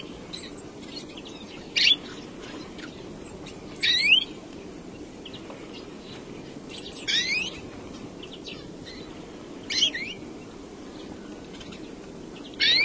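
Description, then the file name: European greenfinch calls: brief rising, slurred notes given singly, roughly every two to three seconds, against a steady low background hiss. "canto do verdelhao"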